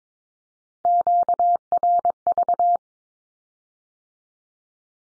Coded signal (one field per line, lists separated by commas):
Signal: Morse code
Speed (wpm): 22 wpm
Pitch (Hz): 700 Hz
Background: none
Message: QRV